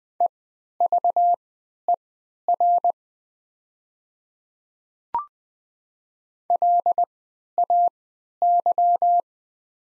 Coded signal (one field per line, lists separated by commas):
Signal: Morse code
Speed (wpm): 20 wpm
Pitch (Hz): 700 Hz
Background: none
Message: EVER LAY